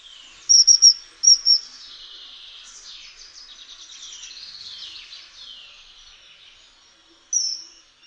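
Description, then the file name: Common kingfisher with a few sharp high whistled notes at the start, a softer jumbled twittering stretch in the middle, then one more piercing note near the end. "zimorodek"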